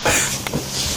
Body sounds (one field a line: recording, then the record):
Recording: coughing mixed with background sound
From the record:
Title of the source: Spring Cold Coughing 2